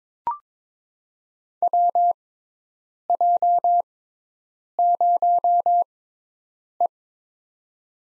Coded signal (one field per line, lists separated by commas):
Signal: Morse code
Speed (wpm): 22 wpm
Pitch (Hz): 700 Hz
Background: none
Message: WJ0E